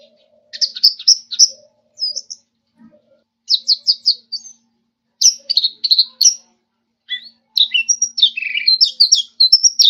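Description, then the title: Orange-headed thrush song: quick bursts of repeated sharp high notes, pausing between phrases, ending in a long jumbled warbling run. "Anis Merah"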